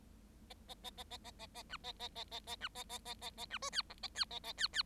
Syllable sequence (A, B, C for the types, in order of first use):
A A A A A A A A B A A A A A B A A A A A B C D E A D A A D D